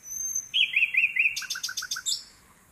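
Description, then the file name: Common nightingale song: four arched, slurred notes in quick succession, then a rapid burst of five dry, clicking notes and a high, thin whistle to finish. "Luscinia megarhynchos"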